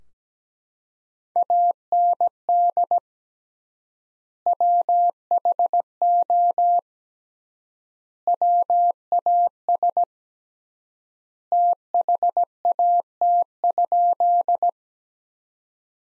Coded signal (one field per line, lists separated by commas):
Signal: Morse code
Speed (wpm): 17 wpm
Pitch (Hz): 700 Hz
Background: none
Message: AND WHO WAS THAT?